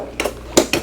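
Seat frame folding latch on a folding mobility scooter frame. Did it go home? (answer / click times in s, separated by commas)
yes / 0.6 s, 0.7 s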